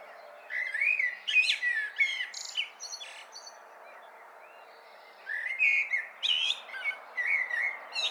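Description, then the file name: Common blackbird song with rich whistled notes and sharp high squeaks, two busy phrases separated by a short lull, against a steady hissing background. "Turdus merula"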